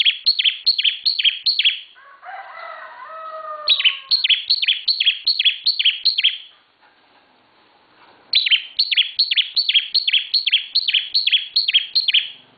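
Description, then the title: Bar-winged prinia repeating sharp, high, descending chirps in long runs; between them lower, sliding whistled notes are heard, then a quiet gap. "Ciblek Semi Super Gacor"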